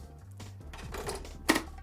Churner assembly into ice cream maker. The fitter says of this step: clicks into place it's